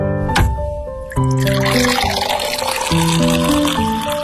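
Lemon water pours into a glass in a steady, bright splashing stream that starts after a brief clink and runs to the end, over a soft tonal background.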